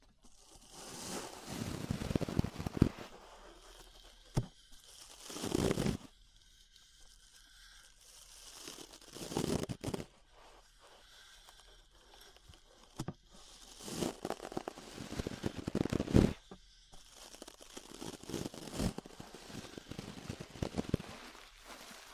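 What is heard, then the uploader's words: Ear brushing with rough, scratchy strokes that come in bursts, the loudest near 2, 6, 9, 15 and 16 seconds. Each stroke is a dense crackling rustle with a dull thump at the low end. Quieter rustling fills the gaps between strokes. ASMR Relaxing 3Dio Ear Brushing (No Talking).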